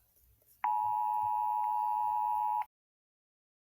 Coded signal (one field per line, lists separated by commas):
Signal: Emergency Alert System (SAME) tones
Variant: 853 and 960 Hz attention tone